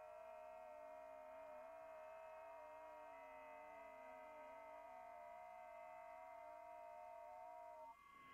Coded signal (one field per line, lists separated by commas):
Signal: FT8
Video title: HAM RADIO- Sunday Funday Checkin. Q&A?